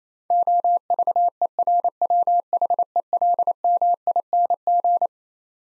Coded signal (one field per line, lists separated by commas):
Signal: Morse code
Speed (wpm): 28 wpm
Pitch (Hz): 700 Hz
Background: none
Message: OVERWHELMING